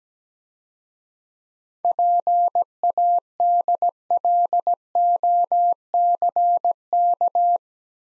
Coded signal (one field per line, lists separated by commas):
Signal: Morse code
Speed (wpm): 18 wpm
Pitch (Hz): 700 Hz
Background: none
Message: PADLOCK